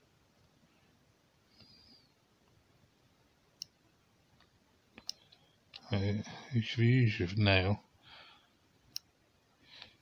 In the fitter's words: en het is een duidelijke klik, dus theoretisch